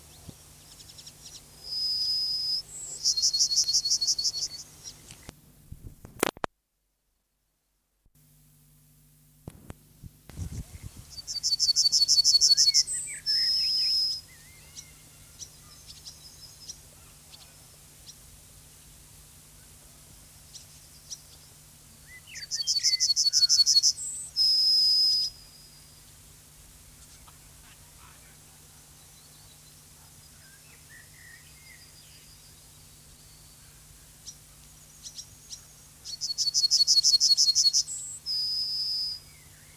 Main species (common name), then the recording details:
Yellowhammer. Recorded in the wild. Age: adult. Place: Lübars (Fließtal), Berlin, DE. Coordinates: 52.6167, 13.35. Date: 2003-07-13 14:17. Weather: bedeckt, 21°C. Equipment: Fair Mate ST-1328 (Asahi Electronics, Japan), Sennheiser ME 80, Kopie Uher 4000 Report Monitor. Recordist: Tembrock, Günter